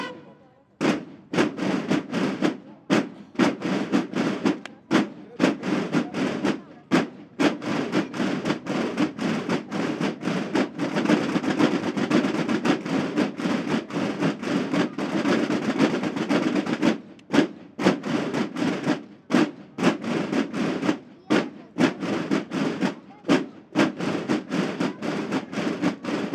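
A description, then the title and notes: A military war band plays a march in Plaza de la Paz, a dense, full sound weighted toward the low middle with bright edges on top. It pulses with short, regular breaks between phrases and holds a fairly steady loudness throughout. War Band At Zocalo At Plaza De La Paz. Walking downtown I ran into this military march in the middle of Plaza de la Paz.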